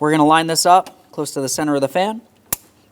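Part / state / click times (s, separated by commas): wiring harness connector into cooling fan plug / seated / 2.5 s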